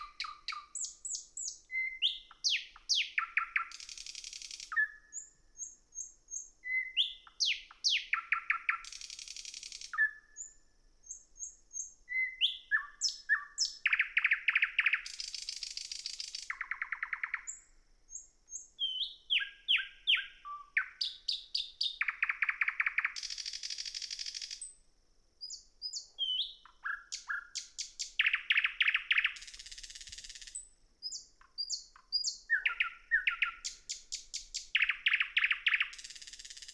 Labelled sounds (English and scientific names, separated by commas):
Thrush Nightingale (Luscinia luscinia) song